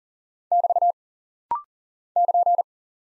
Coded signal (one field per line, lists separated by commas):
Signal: Morse code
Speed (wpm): 39 wpm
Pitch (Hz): 700 Hz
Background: none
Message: <BT> <KN>